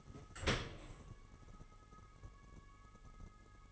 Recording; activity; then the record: daily activity, microphone in the room; open dishwasher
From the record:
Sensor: 4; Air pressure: 1015.9 hPa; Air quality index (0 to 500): 108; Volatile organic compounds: 2 ppm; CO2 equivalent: 1208 ppm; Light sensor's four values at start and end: 8/18/7/7 and 8/18/7/7